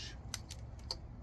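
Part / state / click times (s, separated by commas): wiring harness connector on an ignition coil / released / 0.3 s, 0.9 s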